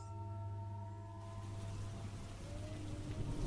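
Heavy rain sets in after a moment, a dense, steady patter and hiss that builds over a low, constant humming drone, with no voices.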